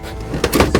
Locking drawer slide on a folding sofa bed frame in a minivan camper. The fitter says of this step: snaps into Place